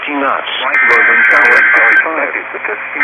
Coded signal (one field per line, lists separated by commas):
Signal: Emergency Alert System (SAME) tones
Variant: header bursts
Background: speech